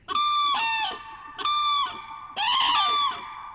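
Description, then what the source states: Common crane calls: three loud, trumpeting, harmonic-rich blasts, each under a second, with short pauses between. Grey crane, the most common crane in central Russia; a very loud call heard even through a closed window, drowning out traffic noise when cranes fly over Moscow.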